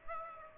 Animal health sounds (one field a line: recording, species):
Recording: mosquito wingbeat signal from an infrared sensor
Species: Aedes aegypti